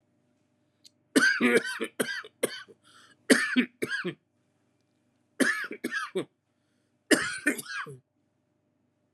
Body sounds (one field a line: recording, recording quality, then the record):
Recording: heavy voluntary cough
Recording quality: excellent, no background noise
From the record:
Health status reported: COVID-19 positive, mild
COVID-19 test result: positive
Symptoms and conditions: breathing difficulty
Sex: male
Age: 47 years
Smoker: not ticked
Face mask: worn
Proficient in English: yes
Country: India